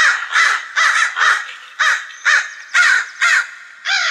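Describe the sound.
Crow giving several loud, raspy caws, each note short and grating, with brief gaps between them.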